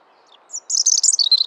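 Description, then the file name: European robin giving a brief, high, fast twittering burst after two faint thin notes, over soft low background hiss. "Erithacus rubecula"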